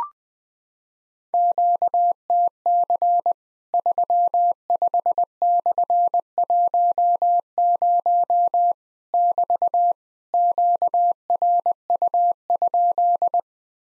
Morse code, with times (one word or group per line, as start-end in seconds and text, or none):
1.3-3.3 QTC
3.7-8.7 35/10
9.1-9.9 <BT>
10.3-13.4 QRU?